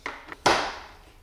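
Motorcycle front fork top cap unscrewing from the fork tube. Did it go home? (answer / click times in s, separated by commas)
released / 0.5 s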